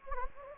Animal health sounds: mosquito wingbeat signal from an infrared sensor; Anopheles gambiae

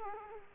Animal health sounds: mosquito wingbeat signal from an infrared sensor; Culex quinquefasciatus

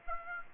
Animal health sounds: mosquito wingbeat signal from an infrared sensor; Aedes aegypti

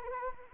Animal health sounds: mosquito wingbeat signal from an infrared sensor; Anopheles arabiensis

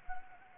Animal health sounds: mosquito wingbeat signal from an infrared sensor; Anopheles gambiae

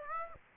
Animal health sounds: mosquito wingbeat signal from an infrared sensor; Aedes aegypti

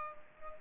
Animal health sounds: mosquito wingbeat signal from an infrared sensor; Culex pipiens

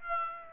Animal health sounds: mosquito wingbeat signal from an infrared sensor; Aedes aegypti

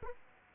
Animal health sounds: mosquito wingbeat signal from an infrared sensor; Aedes aegypti

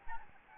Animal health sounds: mosquito wingbeat signal from an infrared sensor; Anopheles gambiae

